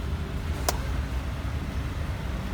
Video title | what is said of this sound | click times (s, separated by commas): Installing mudflaps on my brand new Kia Sonet - because the showroom didn’t! | you need to press the clips really hard until you hear the click sound which indicates that they have been locked in place | 0.7 s